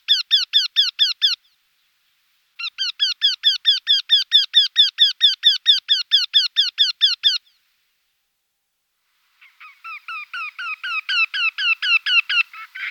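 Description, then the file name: Eurasian wryneck calls: rapid series of harsh, nasal repeated notes in three bursts separated by short pauses, the last starting quietly and growing louder. "Torcicollo"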